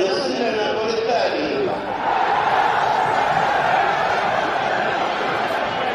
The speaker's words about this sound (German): Jubel schallt von den Rängen.